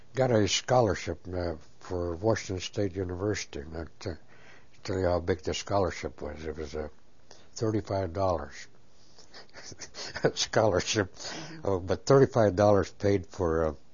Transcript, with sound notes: got a scholarship to Washington State University and I'll tell you how big the scholarship was, it was thirty-five dollars (he laughs) a scholarship, but thirty-five dollars paid for a